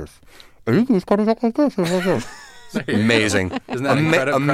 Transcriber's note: soundbite of laughter